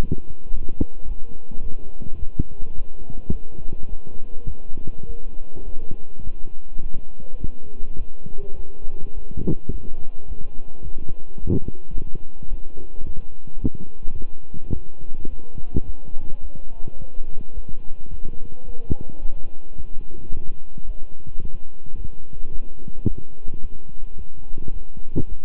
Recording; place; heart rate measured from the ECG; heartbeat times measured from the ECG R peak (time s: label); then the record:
heart sounds by stethoscope; between the tricuspid and mitral areas; 107 bpm
0.49 s: heartbeat
1.05 s: heartbeat
1.61 s: heartbeat
2.17 s: heartbeat
2.73 s: heartbeat
3.30 s: heartbeat
3.87 s: heartbeat
4.45 s: heartbeat
5.04 s: heartbeat
5.63 s: heartbeat
6.21 s: heartbeat
6.80 s: heartbeat
7.38 s: heartbeat
7.96 s: heartbeat
8.54 s: heartbeat
9.12 s: heartbeat
9.70 s: heartbeat
10.26 s: heartbeat
10.82 s: heartbeat
11.38 s: heartbeat
11.93 s: heartbeat
12.48 s: heartbeat
13.04 s: heartbeat
13.60 s: heartbeat
14.16 s: heartbeat
14.72 s: heartbeat
15.28 s: heartbeat
15.84 s: heartbeat
16.40 s: heartbeat
16.96 s: heartbeat
17.52 s: heartbeat
18.08 s: heartbeat
18.64 s: heartbeat
19.19 s: heartbeat
19.75 s: heartbeat
20.30 s: heartbeat
20.85 s: heartbeat
21.39 s: heartbeat
21.94 s: heartbeat
22.50 s: heartbeat
23.05 s: heartbeat
23.60 s: heartbeat
24.16 s: heartbeat
24.71 s: heartbeat
25.27 s: heartbeat
From the record:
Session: walking at 3.7 km/h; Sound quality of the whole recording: good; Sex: male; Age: 26 years